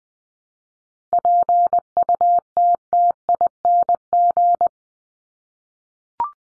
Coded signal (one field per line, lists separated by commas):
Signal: Morse code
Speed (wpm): 20 wpm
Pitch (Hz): 700 Hz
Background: none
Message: PUTTING